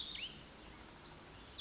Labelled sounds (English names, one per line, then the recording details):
Cassin's Vireo
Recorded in Sonoma County, California